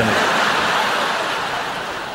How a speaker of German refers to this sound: So klingt's, wenn genau die Hälfte klatscht.